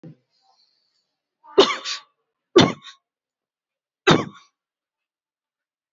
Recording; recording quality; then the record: heavy voluntary cough; excellent, no background noise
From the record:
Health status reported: exposed to COVID-19, no respiratory illness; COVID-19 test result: negative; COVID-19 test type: RT-PCR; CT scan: not taken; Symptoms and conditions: diabetes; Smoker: no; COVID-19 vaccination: none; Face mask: not worn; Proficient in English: yes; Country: India